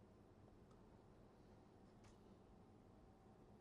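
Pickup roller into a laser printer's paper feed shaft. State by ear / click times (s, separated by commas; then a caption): not seated / none. A pickup roller for the paper feed shaft of an HP LaserJet P1102, P1005 or P1006 or Canon MF3010, LBP3010 or LBP6000 laser printer is lined up bottom end first, ready to be pushed home. Only a steady low background noise is heard, with faint light ticks of handling near 0.7 s and 2.1 s. The roller has not seated or clicked yet.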